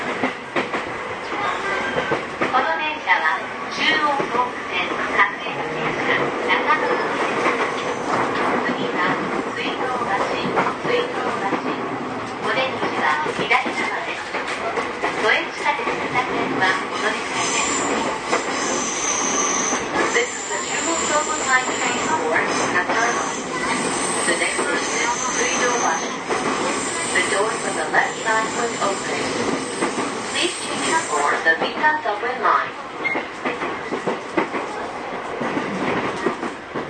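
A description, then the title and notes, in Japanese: Inside a commuter train in motion: a steady, dense rolling rumble with clattering wheel noise that holds an even level throughout. From about 17 to 31 seconds, thin high-pitched whining tones rise and shift above the rumble, and faint voices sit underneath. JR209系 秋葉原〜新宿。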